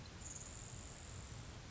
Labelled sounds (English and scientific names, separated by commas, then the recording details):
Grasshopper Sparrow (Ammodramus savannarum)
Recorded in Sonoma County, California